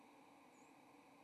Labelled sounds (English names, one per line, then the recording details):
White-throated Sparrow flight call
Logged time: 08:03 on 30 October 2014